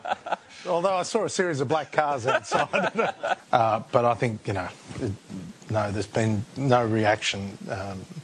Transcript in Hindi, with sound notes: although I saw a series of black cars outside...(laughter)...but I think you know...no, there has been no reaction